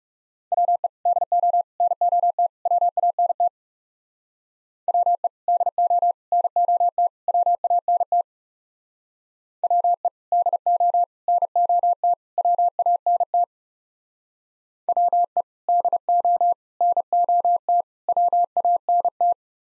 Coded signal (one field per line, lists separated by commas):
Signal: Morse code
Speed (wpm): 36 wpm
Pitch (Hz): 700 Hz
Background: none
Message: WE DO NOT WANT WE DO NOT WANT WE DO NOT WANT WE DO NOT WANT